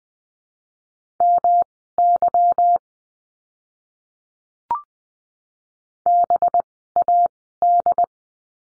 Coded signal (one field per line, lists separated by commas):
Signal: Morse code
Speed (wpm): 20 wpm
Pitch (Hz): 700 Hz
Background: none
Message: MY BAD